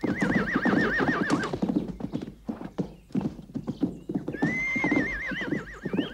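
Steady, rapid clip-clop of hooves runs throughout, joined by a shrill, quavering horse whinny at the start and another rising whinny toward the end.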